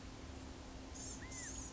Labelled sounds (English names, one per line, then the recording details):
Blue-gray Gnatcatcher
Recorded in Sonoma County, California